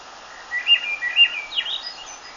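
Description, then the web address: Swainson's thrush singing a single fluty phrase that climbs in quick, swirling steps and ends in high thin notes. "birdwatchernj birdsongs thrush swainsons"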